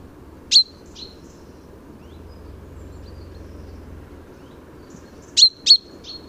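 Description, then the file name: Common chaffinch giving short, ringing metallic call notes: one loud note and a softer one, a long gap, then three quick notes, over a low background hum. "Fringilla coelebs"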